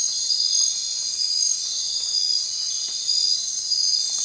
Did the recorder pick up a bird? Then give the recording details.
no. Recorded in secondary vegetation near Puerto Asís, Putumayo, Colombia, on 30 June 2025 at 20:30. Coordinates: 0.499, -76.323. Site G077